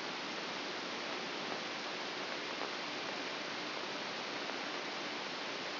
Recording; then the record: brain microelectrode recording played as sound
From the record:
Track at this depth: inside the subthalamic nucleus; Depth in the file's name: 0.241 mm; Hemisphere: right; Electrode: 2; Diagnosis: Parkinson's disease